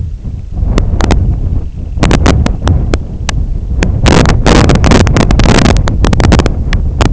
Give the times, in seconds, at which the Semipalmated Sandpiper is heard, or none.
0.23-3.70